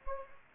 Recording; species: mosquito wingbeat signal from an infrared sensor; Anopheles gambiae